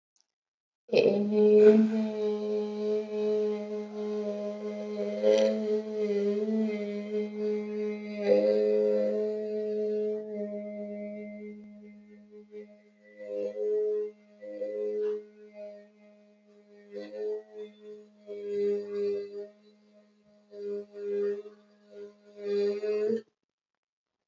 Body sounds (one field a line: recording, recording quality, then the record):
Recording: sustained vowel as in made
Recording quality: excellent, no background noise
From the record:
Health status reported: healthy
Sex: female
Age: 63 years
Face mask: not worn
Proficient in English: yes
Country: India